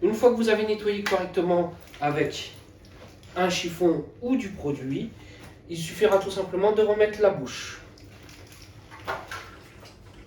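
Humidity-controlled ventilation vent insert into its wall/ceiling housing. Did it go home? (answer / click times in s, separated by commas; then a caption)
no / none. Someone talks for most of the clip while handling a cleaned plastic humidity-controlled ventilation vent insert and lining it up with its wall or ceiling housing. After the talking stops, there are faint handling noises around 8.0 s and 9.3 s. The insert has not been pushed in and nothing has clicked yet.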